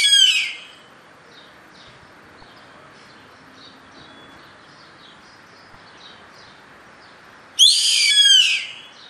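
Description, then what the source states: Bird giving two rasping screeches about seven seconds apart, the first already underway at the start, with faint soft chirps between them. Recorded in Brazil.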